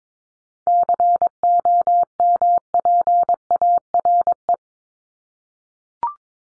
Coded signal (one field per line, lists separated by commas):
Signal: Morse code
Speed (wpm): 22 wpm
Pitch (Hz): 700 Hz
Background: none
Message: COMPARE